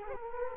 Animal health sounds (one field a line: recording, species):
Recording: mosquito wingbeat signal from an infrared sensor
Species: Culex quinquefasciatus